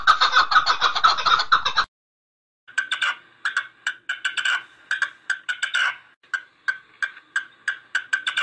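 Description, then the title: Partridge calling with a fast, dense run of harsh clucking notes, then a break, then looser, uneven bursts of chuckling notes repeated in quick clusters. "Perdiz Cantando"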